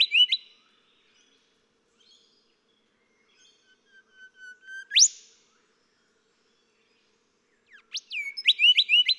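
Golden whistler singing: loud whip-like notes at the start, a quiet crescendo of whistles ending in a rising crack, then a burst of rapid ringing phrases.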